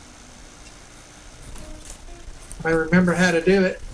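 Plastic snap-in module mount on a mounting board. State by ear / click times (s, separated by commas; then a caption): not seated / none. A plastic snap-in clip/slide mount for an Arduino is worked on a modular mounting board, with quiet handling noise and small plastic ticks around 1.6, 1.9 and 2.5 seconds. Someone then talks over the end of the clip. Nothing has seated or clicked into place yet.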